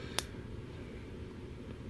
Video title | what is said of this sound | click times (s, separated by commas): Master Grade Fenice Rinascita - Review Part 2 | okay so that'll locks in place like this and | 0.2 s